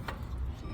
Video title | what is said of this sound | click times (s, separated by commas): FULL SUSPENSION BREAKDOWN - BMW #e90 128i 2008 (PART 3) | There we go. So, make sure all three are in there. Now, see, snaps right in place. | 0.1 s